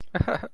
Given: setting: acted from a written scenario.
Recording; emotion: vocal sound without words; adoration